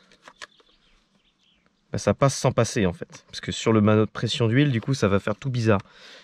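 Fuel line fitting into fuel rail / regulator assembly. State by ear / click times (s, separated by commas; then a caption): not seated / none. A fuel line fitting is being fitted into the fuel rail and regulator assembly of a Volkswagen engine being converted to E85 ethanol; it sticks out far too much and fouls the oil pressure gauge. A few brief handling knocks come near 0.1, 0.3 and 0.4 s, with a faint tick near 1.7 s, then someone talks from about 1.9 s to the end. Nothing seats or clicks, and the fitting fails to clip in.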